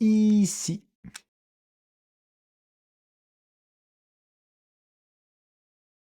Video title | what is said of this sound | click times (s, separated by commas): LEGO Gameboy - Montage du MEILLEUR set de 2025 | Est-ce que ça s'emboîte au moins ? J'ai pas l'impression que ça s'emboîte mais ça | none